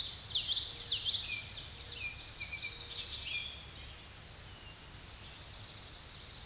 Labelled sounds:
Tennessee Warbler (Leiothlypis peregrina) song
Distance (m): 35 m
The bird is about 20 m above the microphone
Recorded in a Pennsylvania forest on 16 May 2024 at 07:35
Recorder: AudioMoth, point MSD-2320
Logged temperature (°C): 12.8 °C
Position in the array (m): 215 m, 158 m

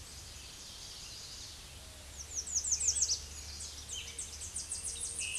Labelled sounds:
American Redstart (Setophaga ruticilla) song
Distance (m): 10 m
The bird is about 5 m above the microphone
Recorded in a Pennsylvania forest on 16 May 2024 at 07:43
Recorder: AudioMoth, point MSD-2345
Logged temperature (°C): 15.5 °C
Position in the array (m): 134 m, 224 m

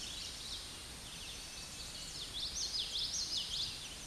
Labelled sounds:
Common Yellowthroat (Geothlypis trichas) song
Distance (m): 30 m
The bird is about level with the microphone
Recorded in a Pennsylvania forest on 16 May 2024 at 08:26
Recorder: AudioMoth, point MSD-2453
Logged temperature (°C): 16.3 °C
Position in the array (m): 235 m, 176 m

